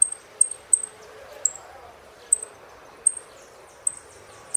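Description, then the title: Saffron finch calling with bright, piercing high chips, several close together at the start and then spaced out, over light background noise. "Jilguero Argentino"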